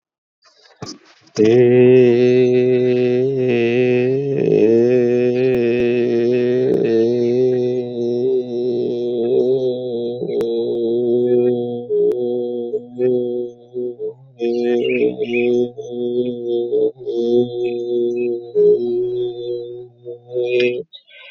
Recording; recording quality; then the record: sustained vowel as in made; excellent, no background noise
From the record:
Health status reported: exposed to COVID-19, no respiratory illness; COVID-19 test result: negative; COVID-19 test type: RT-PCR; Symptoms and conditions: cold, loss of smell and taste, hypertension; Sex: male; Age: 39 years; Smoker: no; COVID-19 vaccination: both doses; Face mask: not worn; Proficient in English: yes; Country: India